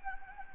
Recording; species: mosquito wingbeat signal from an infrared sensor; Anopheles gambiae